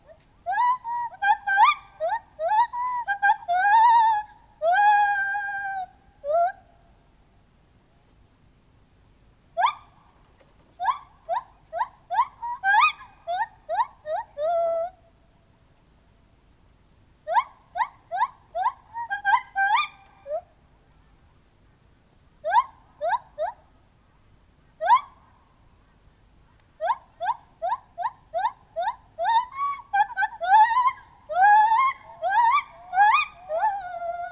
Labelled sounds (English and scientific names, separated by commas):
Lar Gibbon (Hylobates lar)